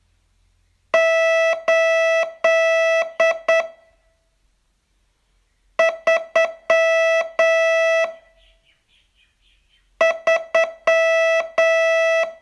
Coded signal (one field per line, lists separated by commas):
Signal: Morse code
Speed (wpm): 8 wpm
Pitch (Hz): 660 Hz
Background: music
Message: 8 3 3